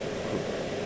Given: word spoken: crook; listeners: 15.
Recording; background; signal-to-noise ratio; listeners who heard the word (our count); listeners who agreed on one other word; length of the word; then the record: one English word in noise, from a listening test; speech-shaped noise; -5.9 dB; 1 of 15; 9 of 15; 0.46 s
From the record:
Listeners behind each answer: 9, 2, 1, 1, 1, 1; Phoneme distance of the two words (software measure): 7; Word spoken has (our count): 1 syllable, 4 phonemes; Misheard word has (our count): 1 syllable, 3 phonemes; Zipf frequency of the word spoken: 3.43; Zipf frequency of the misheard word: 5.03